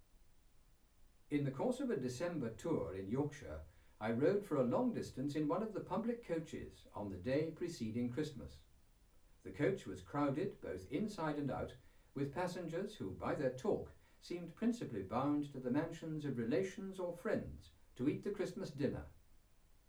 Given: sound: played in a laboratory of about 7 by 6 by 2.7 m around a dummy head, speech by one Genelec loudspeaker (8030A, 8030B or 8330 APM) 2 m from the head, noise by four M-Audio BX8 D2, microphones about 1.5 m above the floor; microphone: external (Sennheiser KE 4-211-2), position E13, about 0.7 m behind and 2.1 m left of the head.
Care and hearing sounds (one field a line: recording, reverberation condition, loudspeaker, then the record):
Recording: male speech in English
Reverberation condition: low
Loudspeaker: 120 degrees to the right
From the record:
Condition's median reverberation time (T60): about 310 ms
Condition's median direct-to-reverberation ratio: about 3.5 dB